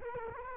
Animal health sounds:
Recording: mosquito wingbeat signal from an infrared sensor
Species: Culex quinquefasciatus

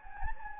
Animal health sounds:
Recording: mosquito wingbeat signal from an infrared sensor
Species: Anopheles gambiae

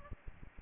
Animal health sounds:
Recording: mosquito wingbeat signal from an infrared sensor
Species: Aedes aegypti

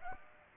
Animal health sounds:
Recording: mosquito wingbeat signal from an infrared sensor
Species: Aedes aegypti

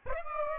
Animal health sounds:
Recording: mosquito wingbeat signal from an infrared sensor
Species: Aedes aegypti

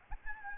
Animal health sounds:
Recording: mosquito wingbeat signal from an infrared sensor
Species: Aedes albopictus

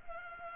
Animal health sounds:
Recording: mosquito wingbeat signal from an infrared sensor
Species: Culex pipiens

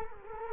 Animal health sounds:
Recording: mosquito wingbeat signal from an infrared sensor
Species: Culex quinquefasciatus

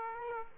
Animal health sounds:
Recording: mosquito wingbeat signal from an infrared sensor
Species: Aedes aegypti

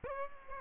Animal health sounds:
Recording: mosquito wingbeat signal from an infrared sensor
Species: Aedes aegypti

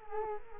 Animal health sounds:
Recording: mosquito wingbeat signal from an infrared sensor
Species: Culex quinquefasciatus

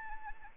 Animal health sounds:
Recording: mosquito wingbeat signal from an infrared sensor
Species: Anopheles arabiensis

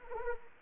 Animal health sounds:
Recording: mosquito wingbeat signal from an infrared sensor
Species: Anopheles arabiensis

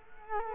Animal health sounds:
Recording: mosquito wingbeat signal from an infrared sensor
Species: Culex quinquefasciatus

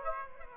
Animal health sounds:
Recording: mosquito wingbeat signal from an infrared sensor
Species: Aedes aegypti

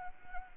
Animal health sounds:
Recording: mosquito wingbeat signal from an infrared sensor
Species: Anopheles arabiensis

